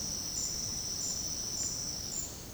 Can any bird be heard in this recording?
no